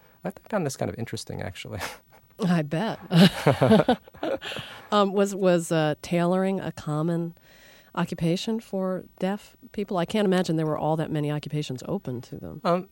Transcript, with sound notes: I found this kind of interesting, actually.
I bet.
(LAUGHTER)
Was tailoring a common occupation for deaf people? I can't imagine there were all that many occupations open to them.